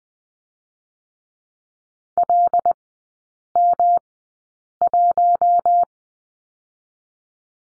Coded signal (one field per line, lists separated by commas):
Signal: Morse code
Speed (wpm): 20 wpm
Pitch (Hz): 700 Hz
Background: none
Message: LM1